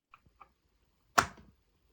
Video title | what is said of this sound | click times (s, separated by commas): Воздуходувка с маркетплейса за $10 — бесполезный хлам или находка? | De sproeier wordt op zijn plaats gehouden door een magneet, vergrendelt | 1.2 s